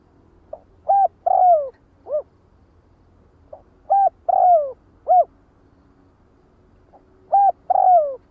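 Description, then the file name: Spotted dove cooing: a soft short note, then a short coo, a drawn-out falling coo and a short final coo, the phrase repeated roughly every three seconds. Calling to the flock. "Tieng cu dat goi bay"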